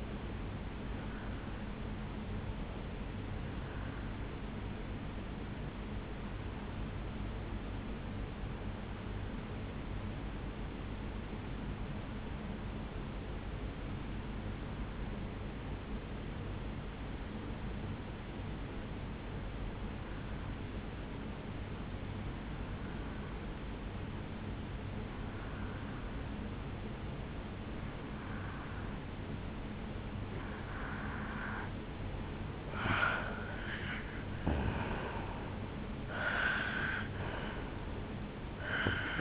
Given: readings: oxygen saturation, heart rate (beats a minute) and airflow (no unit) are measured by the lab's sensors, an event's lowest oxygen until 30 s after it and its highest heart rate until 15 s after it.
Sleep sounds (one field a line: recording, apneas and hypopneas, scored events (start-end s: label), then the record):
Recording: breathing in sleep by a voice recorder at the bedside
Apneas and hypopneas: 1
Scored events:
5.00-32.50 s: hypopnea (N2, oxygen 93% highest, then 86% lowest, heart rate 71 at the start, 75 highest)
From the record:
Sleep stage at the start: N2 (light sleep)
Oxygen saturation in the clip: 88 to 93%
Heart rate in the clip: 58 to 74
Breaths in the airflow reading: 9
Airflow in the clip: -11.1 to 6.7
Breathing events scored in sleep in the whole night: 449 in 7.0 hours asleep